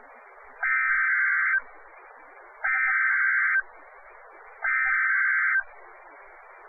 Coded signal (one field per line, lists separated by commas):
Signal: Emergency Alert System (SAME) tones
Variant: header bursts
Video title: Hurricane Sandy alerts - October 24, 2012 (EAS #649-653)